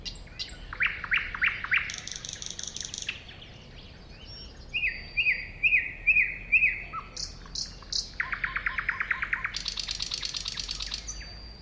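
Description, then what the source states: Thrush nightingale singing with rapid clicking series, a harsh rattle, rising whistled notes, then another fast run of repeated chucks and a buzz. Recorded at a woodland edge next to a lake, 2001.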